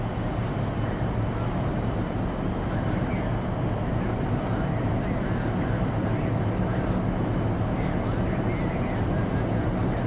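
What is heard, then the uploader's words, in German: Inside a shuttle cabin, a steady, dense low rumble holds constant with no change in level for the whole stretch. Faint murmuring voices and small brighter ticks drift above it now and then, mostly in the second half. Raumflug | Tiefenschlaf Shuttle-Kabinenatmosphäre. In dieser Episode erleben Sie die zarten Summtöne und leisen Pieptöne des Shuttles.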